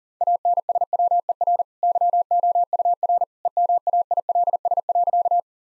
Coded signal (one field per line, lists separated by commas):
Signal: Morse code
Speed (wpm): 40 wpm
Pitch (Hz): 700 Hz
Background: none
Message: ANSWER YOUR EMAILS.